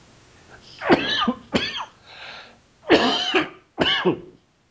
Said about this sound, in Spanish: Ya mejor no lo digo porque ya me dio tos otra vez.